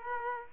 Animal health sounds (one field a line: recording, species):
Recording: mosquito wingbeat signal from an infrared sensor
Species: Aedes aegypti